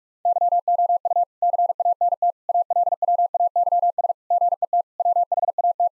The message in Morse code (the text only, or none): YOU CANT ALWAYS GET WHAT